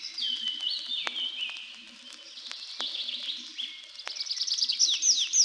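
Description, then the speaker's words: Tree pipit song with sustained trilled notes stepping downward, then a quickening run of sharp descending chirps at the end. Heard over forest edges and overgrown clearings; twittering part begun perched in a tree, continued flying up; second part sung gliding down to a neighbouring treetop. "Песня лесного конька слышна над лесными опушками и зарастающими сечами."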